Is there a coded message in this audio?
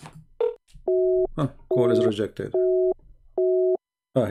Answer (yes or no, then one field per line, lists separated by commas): no